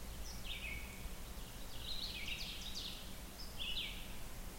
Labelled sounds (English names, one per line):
Ovenbird song